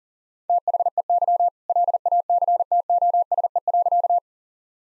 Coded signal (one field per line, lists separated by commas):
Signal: Morse code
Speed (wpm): 40 wpm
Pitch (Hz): 700 Hz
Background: none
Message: THEY LACTOSE.